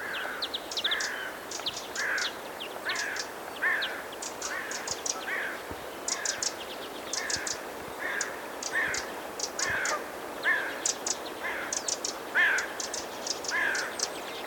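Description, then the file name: Eurasian wren: sharp, high clicking ticks in quick clusters alternating with hoarser lower notes, repeated throughout. "Troglodytes troglodytes"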